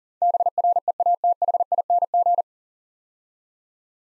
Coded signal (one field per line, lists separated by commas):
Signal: Morse code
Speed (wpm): 40 wpm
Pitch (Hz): 700 Hz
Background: none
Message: BREATHING